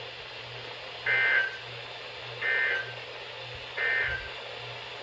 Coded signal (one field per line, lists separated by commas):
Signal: Emergency Alert System (SAME) tones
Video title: The Wild Alertfest - Alerts from 7/15/24 - 7/17/24 (EAS #1144 - 1163)